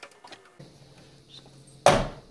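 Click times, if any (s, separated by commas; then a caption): 1.9 s. A graphics card is pressed by its board, not the heatsink shroud, into the motherboard PCIe slot. After faint handling noises and a low hum, a sharp loud snap comes at 1.9 s as the slot latch snaps up and the card seats.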